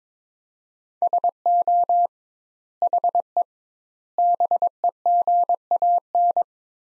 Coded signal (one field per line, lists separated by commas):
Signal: Morse code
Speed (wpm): 21 wpm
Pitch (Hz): 700 Hz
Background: none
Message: SO HE BEGAN